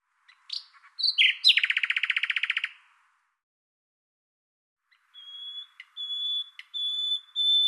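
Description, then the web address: Common nightingale singing a few sharp notes that break into a fast buzzy trill, followed after a pause by drawn-out pure whistles. "Deverinetal 2025"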